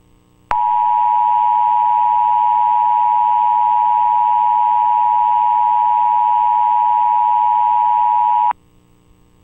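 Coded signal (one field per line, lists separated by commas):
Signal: Emergency Alert System (SAME) tones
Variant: 853 and 960 Hz attention tone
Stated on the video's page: Mock EAS alert made with Audacity and Balabolka, containing valid tones.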